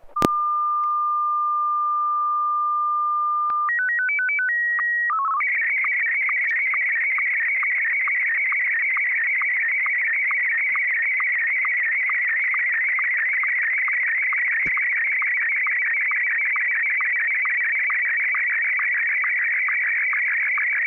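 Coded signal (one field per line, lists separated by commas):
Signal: SSTV (slow-scan television)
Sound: steady tone, a quick rising chirpy header, then continuous warbling scan tones with regular ticks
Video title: N6NA SSTV Net - 10/28/2020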